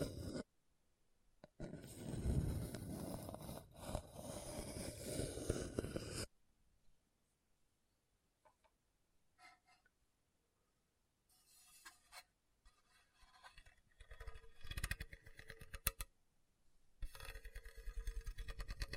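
Scratching across a hard, bumpy surface, with a loud, dense, rough burst of rasping from about 1.5 to 6 seconds. A near-silent stretch follows, then lighter, ticking, stuttering scrapes return from around 12 seconds, in irregular bursts to the end.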